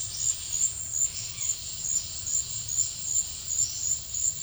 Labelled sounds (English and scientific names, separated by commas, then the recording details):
none
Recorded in secondary vegetation near Puerto Asís, Putumayo, Colombia, on 28 February 2025 at 14:00
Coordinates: 0.498, -76.327
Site G001